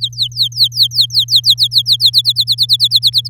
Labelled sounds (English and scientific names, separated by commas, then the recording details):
Domestic Canary (Serinus canaria) song
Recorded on 7 May 2018 at 06:17
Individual llb16